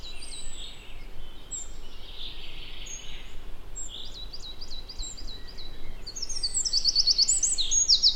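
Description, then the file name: Eurasian wren, scattered high thin notes early, then a fast, bright, rattling trill building toward the end, with constant low background hiss and rumble. "Troglodytes troglodytes"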